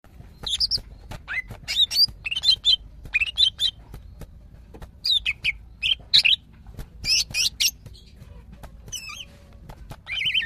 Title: CUCAK IJO BETINA GACOR HIPER MEMANGGIL JANTAN